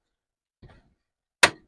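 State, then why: Seated. A plastic/metal panel piece for a Fanhome Star Wars Millennium Falcon model (issue 66) is pressed onto the model's framework, opposite the passage tube. A faint, low handling rustle around 0.6 s is followed by a sharp, bright snap at 1.4 s as the panel seats onto the frame.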